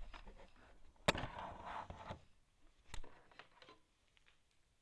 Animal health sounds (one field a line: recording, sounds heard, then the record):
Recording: poultry house recording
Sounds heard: no chicken sound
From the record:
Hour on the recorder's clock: 22